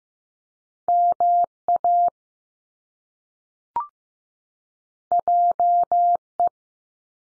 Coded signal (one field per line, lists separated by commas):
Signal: Morse code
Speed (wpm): 15 wpm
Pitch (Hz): 700 Hz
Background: none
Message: M A J E